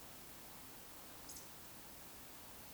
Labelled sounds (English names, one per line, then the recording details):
Eurasian Woodcock whistle
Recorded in Baden-Württemberg, Germany, on 26 May 2020 at 20:11 UTC
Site 45304, 487 m above sea level